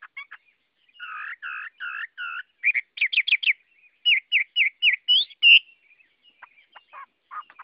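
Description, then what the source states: Chinese hwamei song of varied phrases: repeated buzzy double notes, a quick run of rising whistles, slurred whistles, then scattered soft clicks and short notes. Song in the 'forest voice' (giọng rừng) style.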